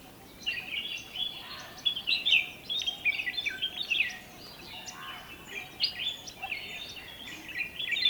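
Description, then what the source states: Bulbuls chattering: a steady stream of short, overlapping chirps and warbled notes from several birds, swelling in irregular bursts. More than one bulbul, described as cheery.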